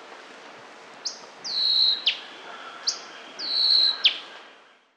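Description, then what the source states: Yellow-breasted boatbill calling twice: a high sharp note, then a drawn-out descending whistle that ends in an abrupt click, over steady faint hiss. Recorded in Papua New Guinea.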